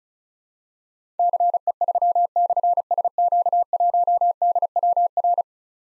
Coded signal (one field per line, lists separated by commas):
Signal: Morse code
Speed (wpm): 36 wpm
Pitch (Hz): 700 Hz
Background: none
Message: CE3/SQ1DWR